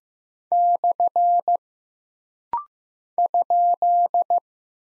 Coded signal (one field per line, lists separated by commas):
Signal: Morse code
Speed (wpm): 15 wpm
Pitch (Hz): 700 Hz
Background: none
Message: / ?